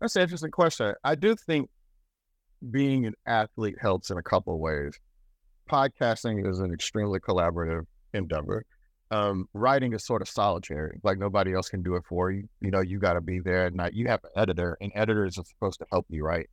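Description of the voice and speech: An adult man talks fluently in a relaxed conversational answer, with an ordinary low-pitched voice and natural pauses.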